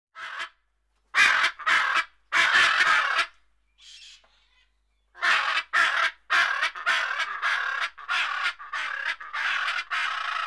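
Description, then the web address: Macaw uttering harsh screeching calls, a burst of loud squawks, a brief pause with a faint softer sound, then a renewed run of raspy cries. "KMP Film Video Sound Effects. Ara"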